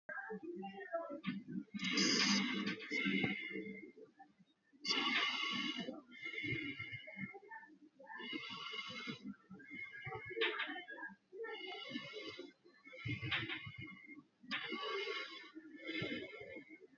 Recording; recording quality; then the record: deep breathing; excellent, no background noise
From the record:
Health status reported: COVID-19 positive, mild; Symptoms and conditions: cough, cold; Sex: male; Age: 47 years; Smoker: not ticked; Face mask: worn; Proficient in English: yes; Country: India